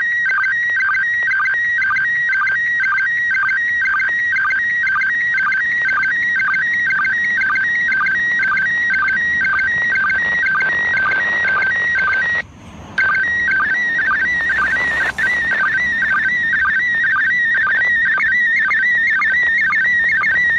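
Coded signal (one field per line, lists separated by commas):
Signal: SSTV (slow-scan television)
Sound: warbling, chirping tone around 2 kHz with rapid regular ticks, steady throughout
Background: radio static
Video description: รับสัญญานเสียงในระบบ SSTV เพื่อถอดรหัสเป็นภาพจากสถานีอวกาศ RS0ISS ด้วยวิทยุ นิดมือถือ รุ่น PILOT 144H สายอากาศ 10 ท่อน ความถี่ 145.8000 MHz. และถอดสัญญานภาพ ด้วยโปรแกรม Robot36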